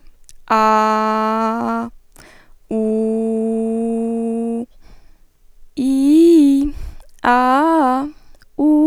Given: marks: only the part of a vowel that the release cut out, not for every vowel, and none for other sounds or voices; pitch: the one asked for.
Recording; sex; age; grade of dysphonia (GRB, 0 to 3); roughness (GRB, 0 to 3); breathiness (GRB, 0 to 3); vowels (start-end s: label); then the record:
sustained vowels; female; 20 to 29 years; 0; 0; 0
0.69-1.70 s: vowel /a/, low pitch
2.89-4.47 s: vowel /u/, low pitch
5.87-6.58 s: vowel /i/, low-high-low pitch
7.33-8.00 s: vowel /a/, low-high-low pitch
From the record:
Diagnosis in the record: healthy voice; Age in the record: 20 years